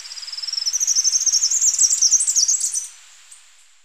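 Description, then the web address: Three-striped warbler song: a fast series of high notes that starts soft, grows louder and rises slightly into a twittering flourish, ending after about three seconds. Recorded in Ecuador. "Birds of Ecuador. Three-striped Warbler"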